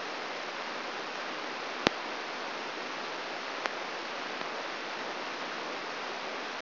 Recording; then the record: brain microelectrode recording played as sound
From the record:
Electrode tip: outside the subthalamic nucleus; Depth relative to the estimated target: 3 mm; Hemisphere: right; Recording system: AlphaMap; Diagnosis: Parkinson's disease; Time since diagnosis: 24 years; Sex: male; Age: 67 years